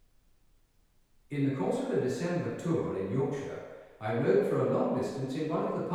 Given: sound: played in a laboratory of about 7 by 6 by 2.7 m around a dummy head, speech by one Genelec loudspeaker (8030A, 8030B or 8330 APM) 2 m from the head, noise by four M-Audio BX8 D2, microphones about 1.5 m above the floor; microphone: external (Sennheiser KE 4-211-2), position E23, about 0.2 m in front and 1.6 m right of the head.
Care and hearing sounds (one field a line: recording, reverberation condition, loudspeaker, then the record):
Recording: male speech in English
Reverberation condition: high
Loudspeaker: 120 degrees to the left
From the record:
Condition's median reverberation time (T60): about 1300 ms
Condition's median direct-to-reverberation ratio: about -4.0 dB